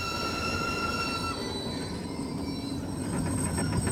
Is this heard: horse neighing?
no